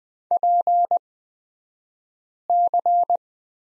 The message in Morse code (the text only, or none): PC